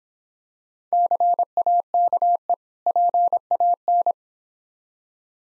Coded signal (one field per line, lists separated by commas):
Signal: Morse code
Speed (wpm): 26 wpm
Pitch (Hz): 700 Hz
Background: none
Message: CAKE PAN